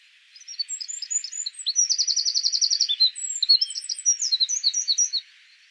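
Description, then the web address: Eurasian wren delivering one long, vigorous song of sharp high notes, a steady machine-gun trill, then more tumbling phrases before stopping. "troglodytes troglodytes"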